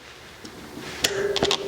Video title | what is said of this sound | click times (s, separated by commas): 🔧 Center Lock Rotor Removal & Replacement – Pro Tips! 🚴‍♂️ | I want this head to give me that little click and um head rotation | 1.1 s